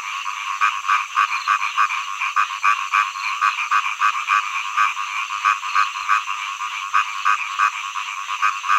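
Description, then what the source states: Frogs croaking in a chorus, short rasping pulses repeated about three times a second, steady and overlapping throughout. Frogs singing in early summer.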